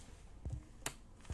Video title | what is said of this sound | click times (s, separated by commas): Happy Birthday to ME! I'm blowing up a balloon for every year of my life - Carissa Lee Live Stream | oh yeah did you hear that snap oh yeah oh man okay there we go | 0.9 s